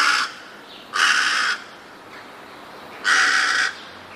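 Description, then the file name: Rook calling with loud, hoarse caws, three rasping notes, the first cut off at the start, the other two about two seconds apart, each lasting roughly half a second. "gawron"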